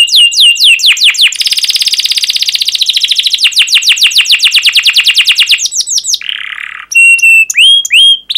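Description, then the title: Canary song: sweeping downward chirps give way to a fast rattling trill, then a low harsh buzz and a few bright whistled notes. Canary song, fast and dense chirping, used as a lure to prompt young canaries to learn to sing. "Kenari Gacor Speed RAPAT Cuit Cuit Ngero L Suara Bagus Untuk Pancingan Kenari Paud Belajar Bunyi"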